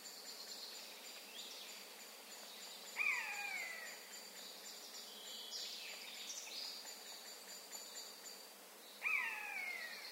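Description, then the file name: Eurasian jay giving two clear, down-slurred mewing calls about six seconds apart, over a steady background of high insect buzzing and faint chirps. "Garrulus glandarius"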